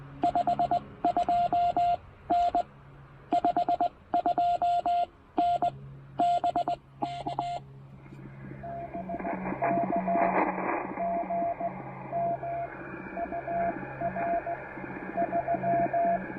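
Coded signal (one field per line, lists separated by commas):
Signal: Morse code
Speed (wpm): 19 wpm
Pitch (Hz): 700 Hz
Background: radio noise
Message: 52N 52N BK BK GM UR 3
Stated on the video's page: QRP CW park activation on 20 and 40 meters.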